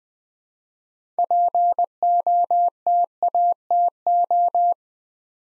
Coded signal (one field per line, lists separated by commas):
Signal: Morse code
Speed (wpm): 21 wpm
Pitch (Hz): 700 Hz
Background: none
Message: POTATO